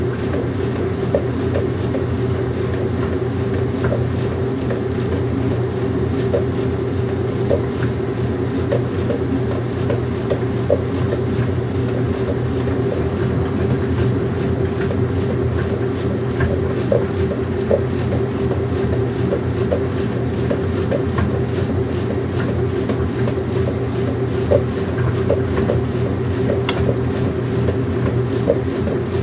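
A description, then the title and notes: A washing machine runs with a steady, low motor hum that stays even throughout, layered with a soft swishing churn. Small clicks and light knocks recur every second or so, with one brief sharper tick near the end. The soothing and calming sounds of a washing machine. The gentle hums, swooshes, and splashes as the machine washes your clothes. This episode features only the natural sounds of a washing machine, without any dialogue or voice.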